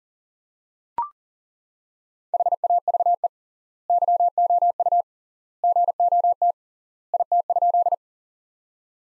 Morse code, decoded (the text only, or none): HAVE YOU GOT IT?